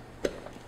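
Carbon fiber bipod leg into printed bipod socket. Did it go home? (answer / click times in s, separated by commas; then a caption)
yes / 0.2 s. A carbon fiber tube bipod leg is pressed further into a 3D printed plastic bipod socket, and at 0.3 s a single short suction pop sounds as it seats more securely. Only faint low background noise surrounds it, and the leg ends up seated more securely in the socket.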